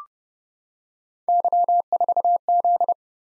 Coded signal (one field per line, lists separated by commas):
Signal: Morse code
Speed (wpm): 30 wpm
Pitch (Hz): 700 Hz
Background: none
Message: Y4Z